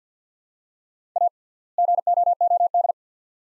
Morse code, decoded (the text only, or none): A GOOD